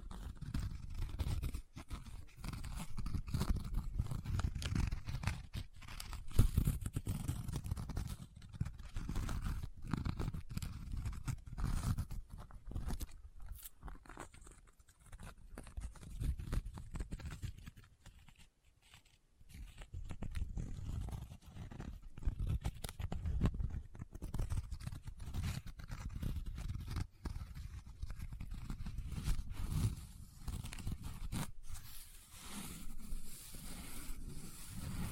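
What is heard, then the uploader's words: Paper is handled and rubbed in a continuous, dense run of rough scraping and crinkling, mostly low and muffled with some brighter crackle. Activity dips into near silence around 18 to 20 seconds, then resumes with steady rubbing through the end. ASMR Close Up Paper Sounds - Folding, Scratching, Rubbing, Crinkle No Talking.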